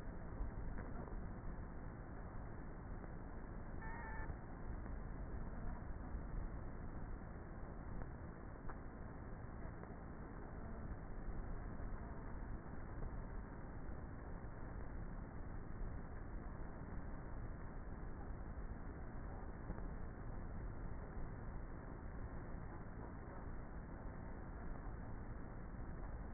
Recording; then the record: honeybee colony, microphone inside the hive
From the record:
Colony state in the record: queenless with a low population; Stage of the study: before two queens were removed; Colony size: about 30,000 bees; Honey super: no